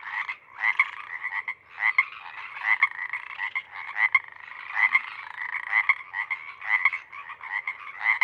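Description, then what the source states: Pacific Chorus Frogs in a dense chorus, many overlapping raspy croaks pulsing in uneven waves with brief dips between bursts. Full chorus of a single pod, roaring as a deafening wall for hours until night air cools; recorded night of April 21–22, 2019, Sinlahekin Valley.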